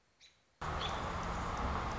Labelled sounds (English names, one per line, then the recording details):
American Robin
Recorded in Sonoma County, California